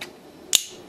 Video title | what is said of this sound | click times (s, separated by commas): KuBianBao KBBMP10-V Voyager size Transformers Masterpiece Optimus Prime KO | all right and it's got a nice satisfying click to hold it open and of course little | 0.5 s